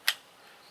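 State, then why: Seated. A loaded rotary pellet/BB magazine, pellets set with skirts facing back and heads forward, is slid into a Gamo P 430 Dual Ammo CO2 air pistol until it seats. A single sharp, bright click sounds at 0.1 s, followed by near silence. The magazine is clicked home and the pistol is ready to fire, with the safety still on.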